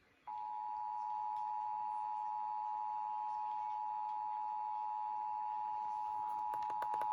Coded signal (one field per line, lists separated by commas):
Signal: Emergency Alert System (SAME) tones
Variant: 853 and 960 Hz attention tone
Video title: [EAS #2677-#2685] Los Angeles County Required Monthly Tests (8/29/23)